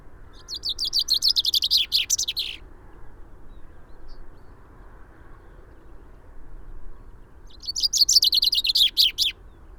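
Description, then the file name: Common chaffinch song: two rattling phrases of rapid descending notes ending in a flourish, about seven seconds apart, over a steady low rumble. "Fringilla coelebs"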